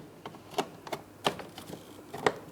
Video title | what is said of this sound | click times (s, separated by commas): How to Replace Front Window Regulators 2011-2026 Mitsubishi Outlander | Press it in. Audible click and it's secure. | 2.3 s